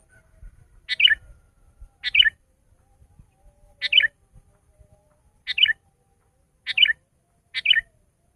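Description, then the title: Sooty-headed bulbul: about seven brief chirpy phrases, repeated every one to two seconds, with faint low thumps underneath. "kutilang"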